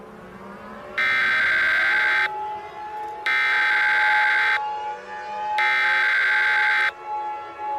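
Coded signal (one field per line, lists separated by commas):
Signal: Emergency Alert System (SAME) tones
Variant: header bursts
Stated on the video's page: Simulated EAS alert, a fictional scenario.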